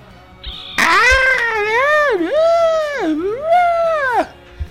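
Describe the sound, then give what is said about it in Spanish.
A strange, piercing scream heard in the street: one long, loud wail with a strong tonal, yowling quality, rising and falling in pitch across three drawn-out swells before cutting off abruptly. No one speaks. “Imagínate, güey, que escuchas ese grito.”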